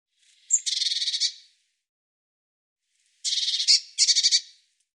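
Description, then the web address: Bird song: a short, sharp note leads into a dry, buzzy trill, followed later by two more pulsed rattling bursts, with silence between them. "Deverinetal"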